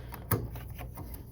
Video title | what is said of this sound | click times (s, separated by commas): Headlight Bulbs Replacement on a 2010 Mazda 3 | Press inward and turn clockwise till it locks in and stays. | 0.3 s